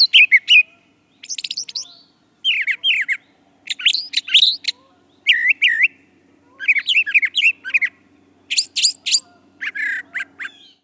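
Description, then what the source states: Brown thrasher song of many varied phrases in quick succession, each a short cluster of rich notes, with brief silences between. Song variations.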